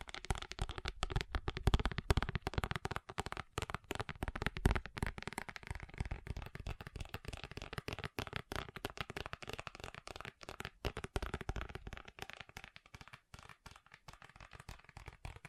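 Fast tapping runs throughout, a dense, rapid patter of crisp, bright clicks with many small gaps between bursts. It keeps an uneven, quick rhythm, with some heavier taps adding low thumps early on, and grows slightly quieter and sparser toward the end.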